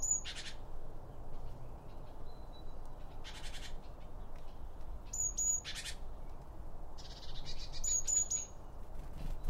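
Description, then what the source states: Birds giving high, sharp chirps in short bursts at the start, middle and end, mixed with brief soft fluttering noises over a constant low rumble. Birds around a bird feeder, recorded with two Line Audio OM 1 microphones.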